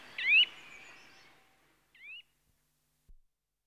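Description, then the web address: Eurasian nuthatch giving two sharp rising whistled calls, the second softer, then a faint click. "The BBC Sound Effects Library - Complete 60 CDs Collection. Nuthatch (Sitta Europaea) Calls"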